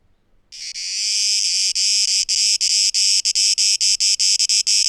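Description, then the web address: Cicada song starting abruptly as a smooth high buzz, then breaking into quick stuttering pulses. Cicadas, 12 August 2023. "rauschpartikel Audio 2023-08-12 Zikaden (Tape Echo Mix)"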